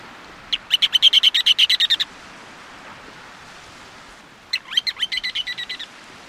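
Bird calling in quick bursts of sharp, repeated high notes, about a dozen in each run, with two runs separated by a pause of roughly two and a half seconds.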